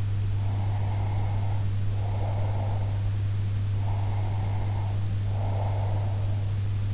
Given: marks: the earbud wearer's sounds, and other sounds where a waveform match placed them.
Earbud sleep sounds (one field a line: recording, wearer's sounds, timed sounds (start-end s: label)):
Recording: sounds in sleep by an in-ear microphone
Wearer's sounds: breath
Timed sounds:
0.43-3.03 s: breath
3.83-6.43 s: breath